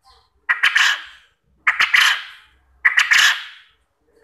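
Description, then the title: Quail calls, three loud rapid multi-note bursts about a second apart, each trailing off, with a fourth beginning at the end. Quail call used as a lure to get quail to answer and call actively. "Burung Puyuh Mana Yang Tidak Nyaut Dan Gacor Dengan Pancingan Ini"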